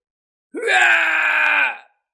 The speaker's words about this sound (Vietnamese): Một tiếng hét thảm phát ra, vị cổ thánh này dãy dụa kịch liệt nhưng lại khó có thể tránh thoát.